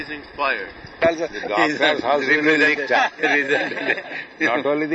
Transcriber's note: laughter